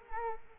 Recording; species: mosquito wingbeat signal from an infrared sensor; Culex quinquefasciatus